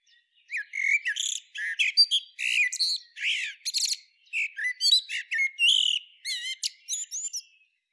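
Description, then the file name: Common blackbird song, a continuous series of varied high chirps, slurred sweeps and squeaky notes, delivered quickly with hardly a break. "Turdus merula"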